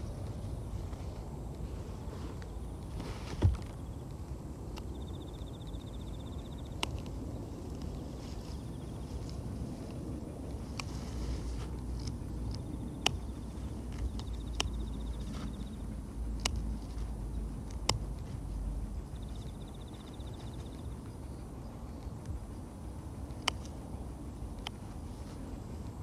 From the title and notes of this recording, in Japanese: 人参除草 お昼前。ゆっくり育つ人参を、追い越そうとしてくる草を、ハサミで根元を切っていきます。